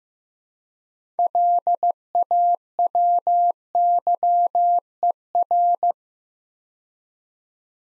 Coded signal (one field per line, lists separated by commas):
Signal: Morse code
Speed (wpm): 15 wpm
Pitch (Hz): 700 Hz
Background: none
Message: LAWYER